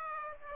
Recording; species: mosquito wingbeat signal from an infrared sensor; Aedes aegypti